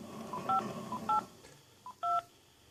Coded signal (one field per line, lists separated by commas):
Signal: DTMF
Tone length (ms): 180 ms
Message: 58 2